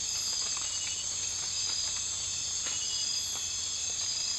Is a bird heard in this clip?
no